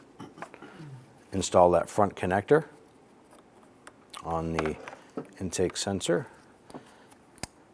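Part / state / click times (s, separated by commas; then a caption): electrical connector onto engine intake sensor / seated / 7.4 s. Someone talks while a wiring connector is pushed onto the intake sensor of a 2005-2010 Chrysler 300 during a thermostat replacement, with light handling taps along the way. The connector seats with a sharp click at 7.4 s, and the red lock tab is then pressed in to lock it into place.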